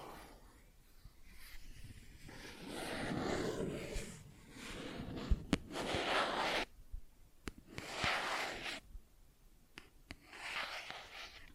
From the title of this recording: Plastic Objects Tapping and Scratching